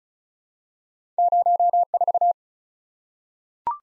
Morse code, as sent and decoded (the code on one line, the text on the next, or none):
----- ....-
04